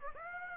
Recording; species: mosquito wingbeat signal from an infrared sensor; Aedes aegypti